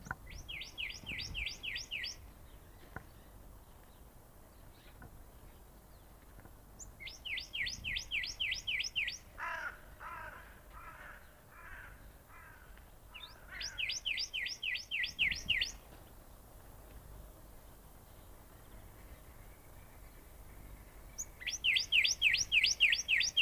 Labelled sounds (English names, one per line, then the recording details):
Northern Cardinal call
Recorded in captivity
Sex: male
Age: adult
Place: Tierpark Berlin, Berlin, DE
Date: 1998-03-28 10:35
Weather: overcast, ca. 10°C
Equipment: Nagra SN, Kopie Uher 4000 Report Monitor
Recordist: Tembrock, Günter